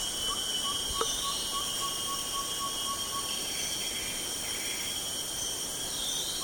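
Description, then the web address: Chestnut-winged babbler gives a fast run of short, even, mid-pitched hooting notes for about three seconds over a steady high insect drone. Recorded 1 May 2007. "20070501. chestnut-winged babbler"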